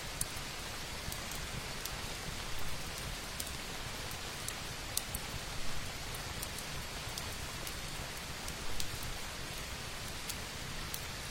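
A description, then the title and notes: Gentle rain falls steadily, a dense, even hiss that stays level from start to finish. Sharp little crackles and pops from burning firewood break through every second or so at irregular moments, with a slightly louder cluster around the middle and near the end. Lazy atmosphere on rainy nights Sit on the porch and listen to the gentle sound of rain and healing firewood.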